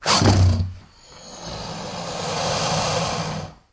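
Alligator sounds: a short deep rumbling growl, then a long breathy hiss that swells and fades over about two and a half seconds.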